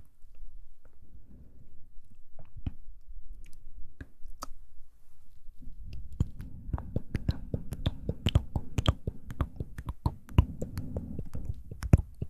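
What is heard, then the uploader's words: Wet mouth sounds and sparse clicks open quietly, then from about six seconds dense, rapid smacking and chewing-like clicks fill the rest. ASMR Mouth Sounds & Ear Play.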